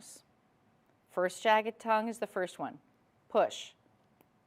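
Someone talks as the first jagged tongue of a 14k gold bangle clasp is pushed into its box, and a faint, short click sounds at 4.2 s. This is the first of the clasp's two clicks, so the clasp is not yet fully locked.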